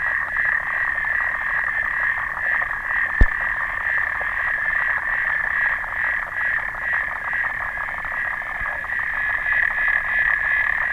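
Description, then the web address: Clawed frog rapid clicking, a constant rattling buzz of ticks, interrupted once early by a single sharp knock. "sounds xenopus"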